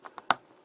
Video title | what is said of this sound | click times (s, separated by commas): Athearn Alco PA 1 Repair and Recondition with Special Guest Star Spitfire | you hear a snap in place | 0.3 s